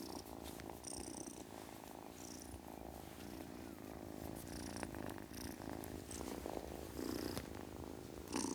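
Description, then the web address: Domestic cat purring steadily, a low buzzing rumble pulsing with the breath. Ten-week-old domestic kitten, purring. "BBC Sound Effects Library Cats Ten Week Old Kitten, Purring"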